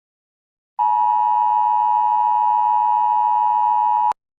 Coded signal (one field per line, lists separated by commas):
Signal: Emergency Alert System (SAME) tones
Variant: 853 and 960 Hz attention tone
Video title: [EAS Scenario] If the Locust Horde was REAL (Part 7)